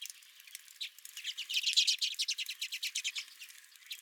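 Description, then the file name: Redpolls twittering, a quick burst of dry chattering notes building to a steady rapid series, then tapering off. Several redpolls at the recordist's feeder. "Redpolls at My Feeder"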